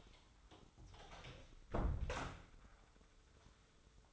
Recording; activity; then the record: daily activity, microphone in the room; close door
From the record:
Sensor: 3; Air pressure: 996.0 hPa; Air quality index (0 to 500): 60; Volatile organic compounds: 3 ppm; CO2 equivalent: 1357 ppm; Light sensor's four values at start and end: 14/33/14/14 and 14/33/14/14